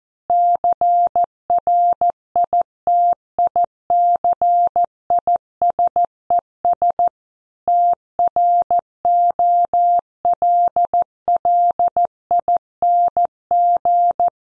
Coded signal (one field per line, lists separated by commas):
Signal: Morse code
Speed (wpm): 14 wpm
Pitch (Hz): 700 Hz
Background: none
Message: CRITICISES TROLLING